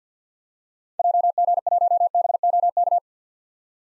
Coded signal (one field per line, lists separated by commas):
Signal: Morse code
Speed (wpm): 50 wpm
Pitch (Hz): 700 Hz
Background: none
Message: JG1BOK